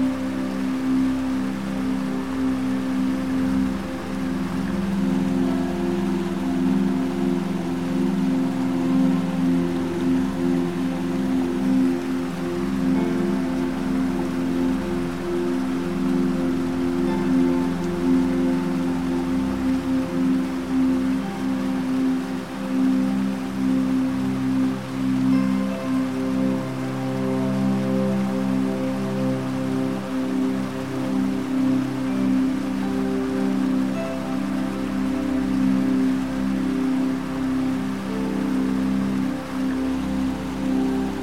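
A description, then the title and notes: Cascading water rushes steadily throughout, a dense, even hiss like heavy rain. Beneath it, soft sustained instrumental tones hold long, low-to-middle chords that shift only slowly. The level stays constant for the whole stretch, with no sudden events. A heavenly marriage of cascading waterfalls, soothing nature sounds, and enchanting instrumental music. Each waterfall, with its gentle gurgles, adds its unique melody to the grand symphony of nature. Relaxing music, piano, flowing river and nature sounds. Waterfalls, Nature Sounds & Relaxing Music.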